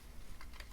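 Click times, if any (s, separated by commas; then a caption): 0.4 s, 0.6 s. A standard 3.5-inch SATA hard drive is pushed by hand into the tool-less slot of an ICY DOCK DuoSwap 5.25-inch hot-swap drive caddy. Over a low background rumble, two short sharp clicks are heard at 0.4 and 0.6 seconds. The drive pops in and ends up mounted and locked.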